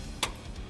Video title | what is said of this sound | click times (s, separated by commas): ประกอบคอม สีขาวล้วน งบ 210,000 ร้านคอมมิกซ์ | หมุนซ้ายปุ๊บมันจะดังแกกก่อนแล้วค่อยอัดขวาลงไป | 0.2 s